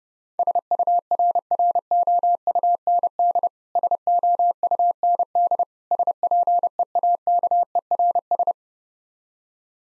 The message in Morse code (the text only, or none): SURROUND SOUND SPEAKERS